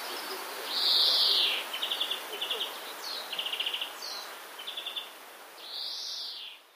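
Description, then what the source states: Common redstart singing borrowed phrases: two long wheezy buzzes with a run of short, dry, high trills between them, several repeated phrases spaced under a second apart over a faint hiss. Song containing phrases borrowed from the European greenfinch.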